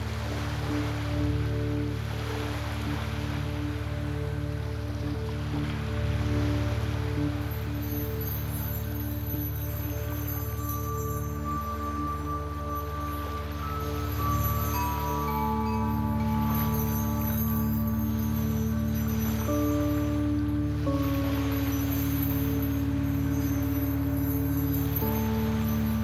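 Soft chimes ring over a steady wash of waves, with long sustained tones that shift pitch now and then, especially in the second half. Below them a constant low rumble holds even throughout, and a bright shimmer enters after about eight seconds.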